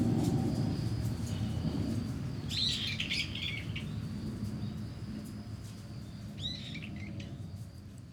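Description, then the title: Starling with two short bursts of chattering, squeaky notes amid a strong low traffic rumble and faint steady crickets. Singing in a tree in Kiyosumi garden, Tokyo, Japan, with crickets and cars; binaural recording with DPA 4060 microphones and a Deity PR-2. "Kiyosumi garden, Tokyo, Japon - Starling in a tree"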